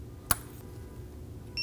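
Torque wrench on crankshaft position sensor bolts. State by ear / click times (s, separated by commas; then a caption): torque reached / 0.3 s. A torque wrench tightens the crankshaft position sensor bolts on a 2012-2022 Volkswagen Passat to 9 Nm. A single sharp click at 0.3 s shows the wrench reaching its setting, and a steady high tone starts near 1.6 s. The bolts are torqued to spec.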